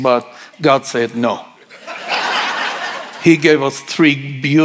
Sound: laughter